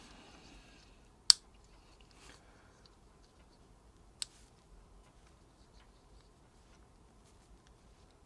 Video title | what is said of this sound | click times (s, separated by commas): The Atlas HO Scale SD35 Locomotive Rebuild Series (Part 2) - Boomer Diorama ~ # 239 | so it snaps into place | 1.3 s, 4.2 s